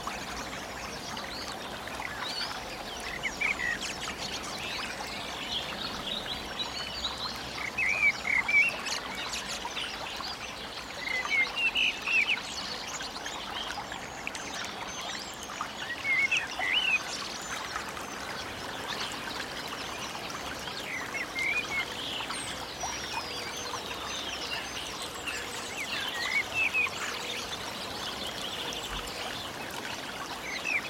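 Running water flows steadily, a dense, even wash with constant small splashes. Scattered bird chirps rise above it throughout, brightest around the eighth, twelfth, sixteenth and twenty-seventh seconds, with a soft low rumble underneath.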